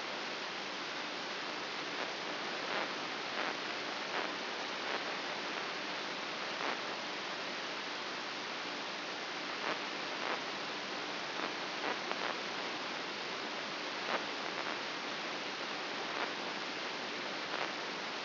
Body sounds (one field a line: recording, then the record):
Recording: brain microelectrode recording played as sound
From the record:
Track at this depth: inside the subthalamic nucleus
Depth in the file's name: 4.44 mm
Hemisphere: right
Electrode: 2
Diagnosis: Parkinson's disease